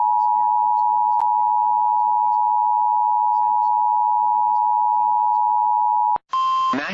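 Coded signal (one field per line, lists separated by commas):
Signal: Emergency Alert System (SAME) tones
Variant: 853 and 960 Hz attention tone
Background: speech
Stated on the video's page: Real EAS alerts received on FM radio and an internet radio station.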